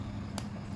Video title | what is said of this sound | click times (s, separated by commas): CARA PERBAIKI KIPAS MINI PORTABEL‼️MINI FAN AC COOLER @gempurabis9242 | sampai bunyi ceklek. | 0.4 s